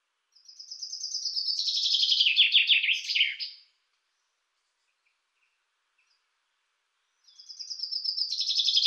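Common chaffinch song: a bright, rattling trill that speeds up and drops in pitch before ending in a flourish; after a pause, a second song begins.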